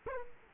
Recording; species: mosquito wingbeat signal from an infrared sensor; Culex quinquefasciatus